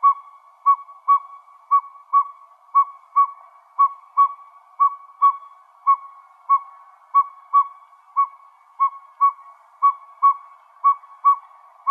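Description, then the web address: Northern pygmy owl giving a long steady series of mellow whistled toots, evenly spaced throughout over a quiet background. Recorded in Arizona. "Owls NOPO. deviche"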